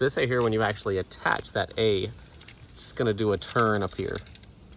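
A plastic arm fitting is being handled at the shoulder mount of a Dagger Mike clown animatronic from Spirit Halloween's 2023 line, to be turned so the arms face the right way. Someone talks throughout, with faint handling noise beneath the speech. Nothing has seated or snapped in place yet by the end of the clip.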